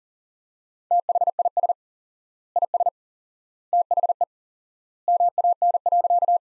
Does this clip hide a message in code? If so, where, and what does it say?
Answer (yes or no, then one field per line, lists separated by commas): yes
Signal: Morse code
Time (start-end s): 0.9-6.4 s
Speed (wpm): 38 wpm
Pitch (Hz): 700 Hz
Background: none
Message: THIS IS THE MAN.